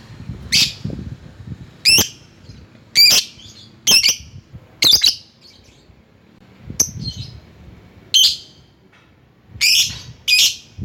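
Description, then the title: Lovebird calls: sharp, high shrieking chirps in short bursts, spaced irregularly. Lovebird calling a rival. "Lovebird Memanggil Lawan"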